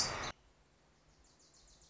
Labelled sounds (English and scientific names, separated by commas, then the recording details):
Wilson's Warbler (Cardellina pusilla)
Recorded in Sonoma County, California